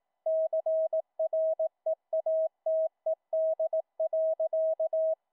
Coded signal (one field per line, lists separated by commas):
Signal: Morse code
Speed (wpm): 18 wpm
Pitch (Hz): 640 Hz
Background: none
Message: CREATED.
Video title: Raspberry Pi, Ultra PicoKeyer, HiPerMite CW filter - sidetone for QSO'n on Mumble VOIP- LIVE DEMO